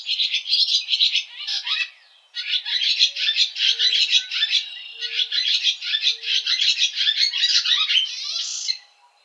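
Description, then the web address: Barn swallow twittering in a fast, scratchy, high-pitched chatter that runs almost continuously, with one brief pause near the start and a few faint low tones underneath. Recorded on 4 January 2007. "Barn Swallow 2007 01 04"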